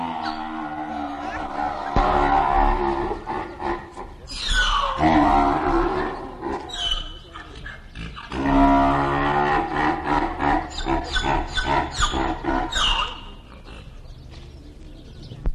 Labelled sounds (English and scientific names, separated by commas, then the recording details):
Grevy's Zebra (Equus grevyi) call
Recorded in captivity
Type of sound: call sequence
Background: Equus asinus f. asinus
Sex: male
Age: adult
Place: Zoo Berlin, Berlin, DE
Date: 1959-11-01 14:15
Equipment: Reporter (Vollspur)
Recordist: Tembrock, Günter
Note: Hengst: Rufreihe, in das Schreien des Esels einfallend. Daneben Hausesel. Abstand: ca. 20 m. Aufnahmestufe 2